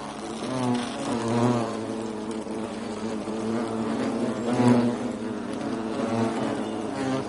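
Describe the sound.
European hornet buzz, a low droning hum with stacked harmonics that wavers in pitch and loudness.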